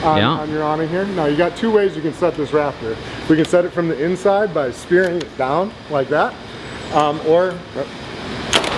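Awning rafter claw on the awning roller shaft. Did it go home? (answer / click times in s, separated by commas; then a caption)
yes / 8.6 s. Someone talks while an awning rafter claw is placed over the awning roller shaft and pushed down from the inside. At 8.6 seconds a sharp click is heard as the rafter claw seats in its set position.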